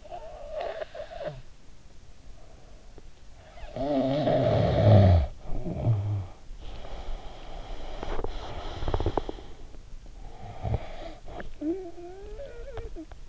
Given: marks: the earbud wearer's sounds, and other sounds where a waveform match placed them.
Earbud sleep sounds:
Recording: sounds in sleep by an in-ear microphone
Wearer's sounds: snoring breath, breath, teeth grinding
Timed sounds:
0.00-1.61 s: snoring breath
3.35-6.46 s: snoring breath
6.46-9.98 s: breath
7.85-9.49 s: teeth grinding
10.00-13.29 s: snoring breath

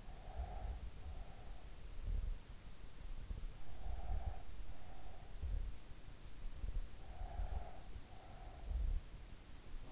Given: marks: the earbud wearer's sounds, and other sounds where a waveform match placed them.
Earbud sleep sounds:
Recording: sounds in sleep by an in-ear microphone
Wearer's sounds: breath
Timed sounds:
0.00-1.80 s: breath
3.71-5.46 s: breath
6.99-8.89 s: breath

